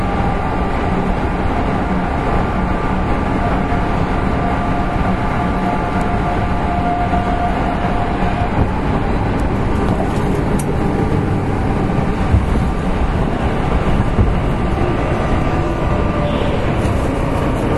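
A Kintetsu Railway 7000 series train runs steadily, a dense low rumble with a faint high whine and occasional brief clicks throughout.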